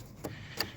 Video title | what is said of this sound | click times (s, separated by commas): How to Remove/Fix Buick Regal Headlight.(2011-2014) Conversion/Replacement/Removal. | so it locks into place i can't can't leave it no lock so just fall right out | 0.6 s